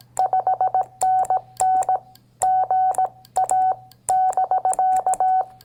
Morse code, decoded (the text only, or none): 5NN GA <BK>